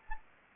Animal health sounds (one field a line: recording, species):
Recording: mosquito wingbeat signal from an infrared sensor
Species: Anopheles gambiae